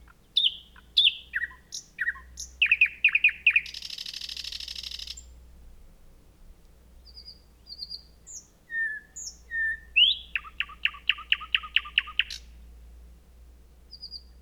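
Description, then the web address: Thrush nightingale song: quick descending notes repeated in runs, a loud rasping burst, quiet whistled phrases, then a steady rapid series of about ten clicking notes, over a low hum. Recorded 3 June 2016. "fagelljud 20160603 naktergal"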